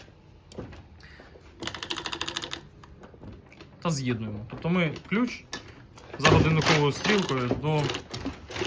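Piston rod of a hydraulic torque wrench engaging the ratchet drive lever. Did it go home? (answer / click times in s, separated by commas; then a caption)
no / none. During reassembly after servicing the ratchet mechanism of a Plarad MSX/T and MX-EC 45-400 series hydraulic torque wrench, the wrench is fitted onto the square drive and its key is turned clockwise so the piston rod can engage the ratchet drive lever. A burst of rapid mechanical ticking is heard from about 1.7 to 2.6 s, and someone talks through the rest of the clip. Nothing has seated or clicked yet: the rod has not connected to the lever by the end.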